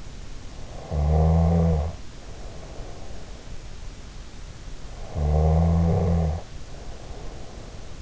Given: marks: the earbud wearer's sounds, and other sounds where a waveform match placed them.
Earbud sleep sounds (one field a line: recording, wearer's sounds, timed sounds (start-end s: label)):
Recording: sounds in sleep by an in-ear microphone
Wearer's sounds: snoring breath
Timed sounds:
0.72-3.79 s: snoring breath
4.99-8.02 s: snoring breath